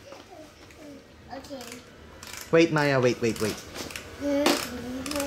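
A plastic toy dinosaur is handled as it is loaded into its plastic launcher base before a battle, while someone talks. A few brief sharp handling sounds come through, including two near the end, but nothing has seated or clicked yet.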